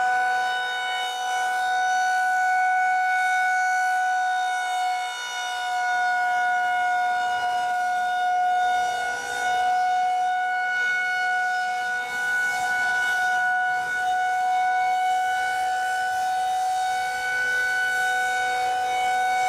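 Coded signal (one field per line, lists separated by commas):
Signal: siren signal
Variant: Federal Signal 2001-130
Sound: continuous steady wailing siren tone at fixed pitch, slight loudness swells as it rotates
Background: outdoors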